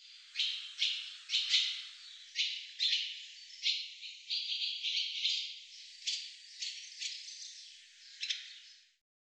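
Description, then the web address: Barn swallow giving scratchy chirps in a series of spaced notes. "cianscape birddata Deverinetal 2025"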